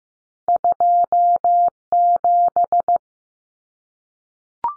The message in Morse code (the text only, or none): 27